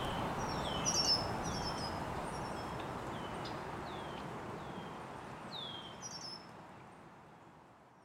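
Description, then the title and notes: Birds chirping, several high slurred whistles and quick twittering notes, fading gradually toward the end over soft background hiss. Birds chirping very early in the morning in an estuary. "Birds Chirping in the Early Morning. Original sounds of birds chirping very early in the morning in an estuary"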